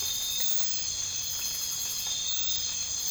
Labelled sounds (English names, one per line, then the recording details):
none
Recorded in dense forest near Puerto Asís, Putumayo, Colombia, on 19 March 2025 at 01:00
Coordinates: 0.484, -76.317
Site G064